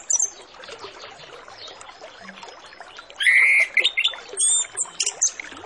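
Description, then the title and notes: Orange-headed Thrush song with a brief note early, then a run of loud, varied whistled phrases in the second half over a steady chattering background. Full song with varied filler phrases, played as a lure recording to prompt Orange-headed Thrushes to start singing quickly. "Masteran Anis Kembang Full Isian Untuk Suara Pancingan Anis Kembang Agar Cepat Ngeplong. Suara Burung Anis Kembang"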